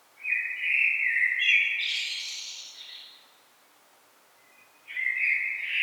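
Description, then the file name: Blackbird song phrase, rich low warbling that breaks into a scratchy high flourish, silence, then a new fluty phrase begins. "Turdus merula"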